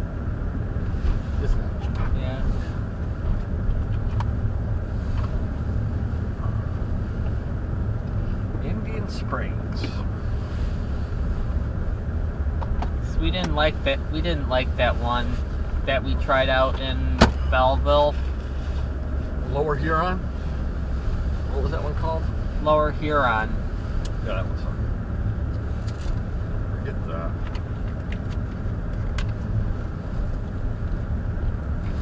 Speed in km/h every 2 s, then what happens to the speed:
31, 31, 32, 32, 31, 27, 24, 24, 23, 24, 27, 29, 31, 31, 31, 31.
0-7 steady at about 31. 7-15 slows to 23. 15-24 speeds up to 31. 24-32 steady at about 31.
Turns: none.